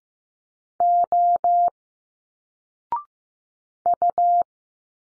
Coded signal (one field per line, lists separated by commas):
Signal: Morse code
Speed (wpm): 15 wpm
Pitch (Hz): 700 Hz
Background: none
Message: O U